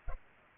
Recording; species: mosquito wingbeat signal from an infrared sensor; Culex pipiens